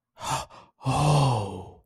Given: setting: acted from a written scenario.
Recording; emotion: vocal sound without words; embarrassment